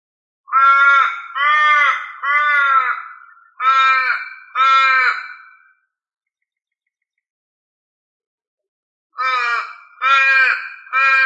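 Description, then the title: Australorp chicken giving loud, harmonic, drawn-out calls: five in a row, a long silent pause, then more. "manok ostrali"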